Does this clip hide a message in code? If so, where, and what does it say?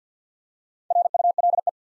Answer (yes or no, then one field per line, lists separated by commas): yes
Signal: Morse code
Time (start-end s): 0.9-1.7 s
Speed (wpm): 48 wpm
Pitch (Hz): 700 Hz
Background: none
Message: RULE